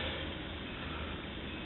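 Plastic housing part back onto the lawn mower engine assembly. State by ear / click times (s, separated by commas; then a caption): not seated / none. A plastic housing part is being handled back onto a lawn mower engine assembly during reassembly. Only a steady, broadband noise is heard, with no distinct impacts. Nothing has seated or clicked yet.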